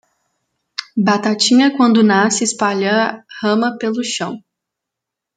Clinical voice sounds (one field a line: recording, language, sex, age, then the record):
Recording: short text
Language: Brazilian Portuguese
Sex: female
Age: 18 to 19 years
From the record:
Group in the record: control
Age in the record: 18 years